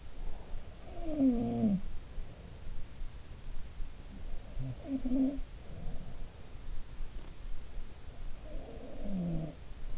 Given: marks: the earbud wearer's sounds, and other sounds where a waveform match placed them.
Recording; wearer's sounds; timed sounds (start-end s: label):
sounds in sleep by an in-ear microphone; breath
0.00-0.66 s: breath
0.76-2.69 s: sound from someone else or the room
4.29-6.24 s: sound from someone else or the room
8.29-9.53 s: sound from someone else or the room